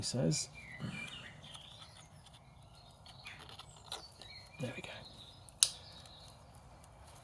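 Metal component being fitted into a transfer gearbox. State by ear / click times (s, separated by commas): seated / 5.6 s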